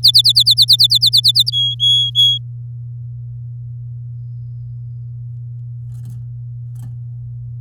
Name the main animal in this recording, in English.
Domestic Canary